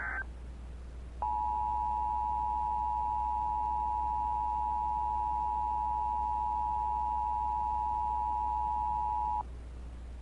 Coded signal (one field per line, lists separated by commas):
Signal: Emergency Alert System (SAME) tones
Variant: 853 and 960 Hz attention tone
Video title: EAS Scenario/Analog Horror - FLUX